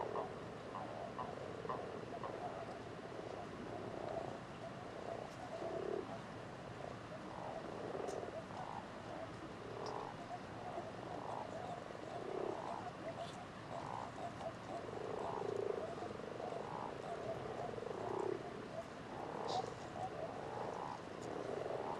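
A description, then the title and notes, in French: A chorus of common toads and common frogs calls without pause, dense overlapping croaks and low purring grunts stacking up in the low-mid range. The calls come in quick short bursts throughout, with occasional faint clicks and ticks above them. Etang de Beaumont - Drôme - Parabole Wildtronic - 2Xmkh8020 - Mixpre 3. Une soirée splendide éclairée par la lune presque pleine. Entre 19 et 20h00 je reste au bord de l'étang à écouter le bal des Crapauds communs (Bufo bufo) et Grenouilles rousses (Rana temporia) .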